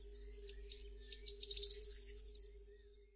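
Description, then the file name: Corn bunting song, starting with spaced clicks, accelerating into a rapid glassy jingle, high and slightly shimmering, then stopping. "POTRZESZCZ"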